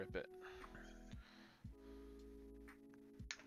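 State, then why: Released. The screw of a delid tool is turned to push the metal heatspreader of an Intel 6700K desktop CPU sideways until the adhesive lets go, while someone talks over music playing in the background. A single sharp, loud crack rings out at 3.3 s as the heatspreader pops loose from the processor.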